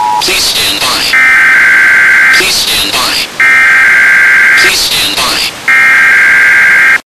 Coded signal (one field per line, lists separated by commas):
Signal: Emergency Alert System (SAME) tones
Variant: header bursts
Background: speech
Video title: Emergency Broadcast System 1